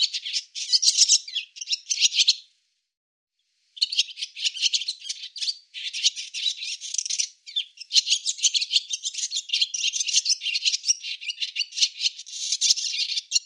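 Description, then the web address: Barn swallow twittering: a long, busy chatter of scratchy chirps and rattles, with one short pause early, then nearly unbroken rapid twitter to the end. "cianscape birddata Deverinetal 2025"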